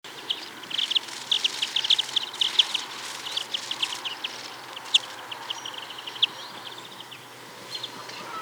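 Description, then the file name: European greenfinch calls: bursts of short, high chirps and trills running throughout, with a soft, steady background hiss. "Chloris chloris"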